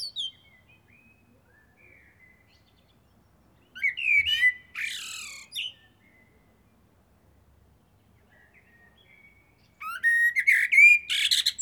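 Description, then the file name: Common blackbird calling in separate bouts of scratchy high notes mixed with short whistles, with long quiet gaps in between. "Turdus merula"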